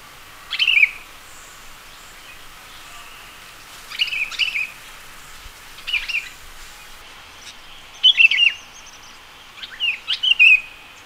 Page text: Sooty-Headed Bulbul Calls. Quick Sounds